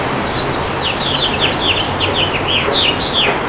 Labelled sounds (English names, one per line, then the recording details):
House Finch song
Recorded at Merrick on Long Island, New York, on 17 May 2013
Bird D